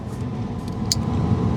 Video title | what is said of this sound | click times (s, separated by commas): The Shortcut to Seamless Driving TESERY Physical Shortcut Buttons | And it will say a click sound. | 0.9 s